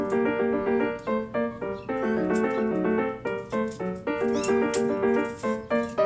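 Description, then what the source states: Domestic cat: repeated short kitten meows in an insistent string. Several new kittens playing together; one of them is to be adopted.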